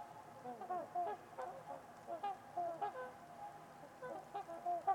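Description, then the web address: Trumpeter swans exchanging nasal, bugling honks, several birds overlapping in quick irregular succession throughout. Winter evening at Winters Lake in a deep, quiet valley; distant white noise noted. "Trumpeter Swans on a Winter's Eve. Nick-Mc Mahan Winters-Lake-with-Swan. Wind Is the Original Radio"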